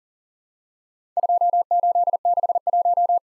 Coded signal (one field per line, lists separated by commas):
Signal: Morse code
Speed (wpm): 42 wpm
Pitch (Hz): 700 Hz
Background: none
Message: 2861